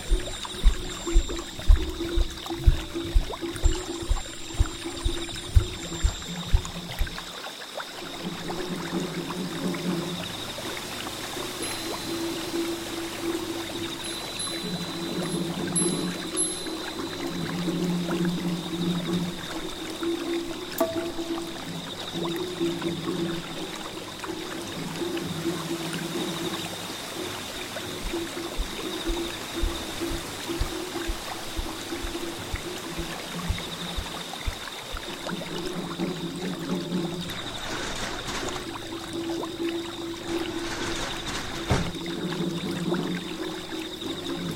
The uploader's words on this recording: A midsummer night full of Zen, the sound of drums echoing on the small bridge and flowing water.